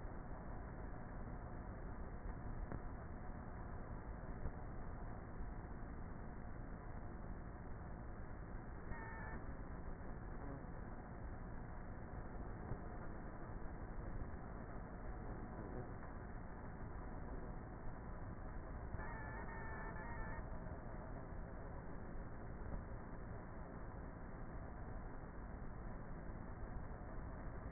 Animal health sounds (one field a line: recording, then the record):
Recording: honeybee colony, microphone inside the hive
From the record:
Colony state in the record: queenless with a low population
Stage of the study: before two queens were removed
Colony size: about 30,000 bees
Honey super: no